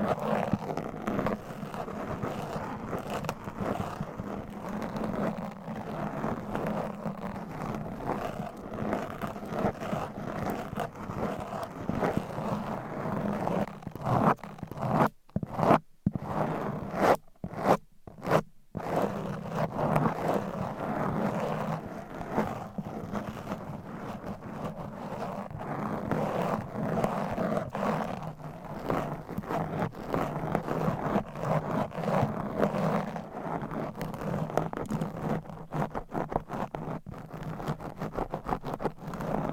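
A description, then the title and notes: Fast, aggressive tapping and scratching with nails on various items. The dense, rapid strokes run almost nonstop with a full, low-middle tone, interrupted by a few brief silent gaps around the fifteen to nineteen second mark before resuming at full pace. ASMR Fast & Aggressive Tapping & Scratching with Different Mics Items & Nails No Talking.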